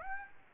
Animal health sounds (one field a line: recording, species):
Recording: mosquito wingbeat signal from an infrared sensor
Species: Aedes aegypti